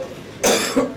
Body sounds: coughing mixed with background sound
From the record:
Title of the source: Spring Cold Coughing 3

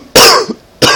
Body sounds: coughing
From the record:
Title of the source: Coughing 60

